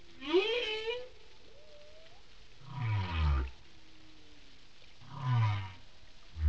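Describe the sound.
Whale calls: a rising whooping sweep followed by two deep, rumbling moans with a falling, grunting quality, spaced a few seconds apart.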